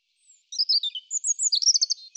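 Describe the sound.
European robin song: a rapid high phrase of thin, sparkling notes, ending in a fast run of repeated notes with a brief pause before a final burst.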